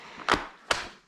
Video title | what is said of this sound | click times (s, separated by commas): Joie Finiti Flex 2 in 1 Signature Pushchair Review - BuggyBaby Reviews | Okay, so that's clicked into place. Then | 0.7 s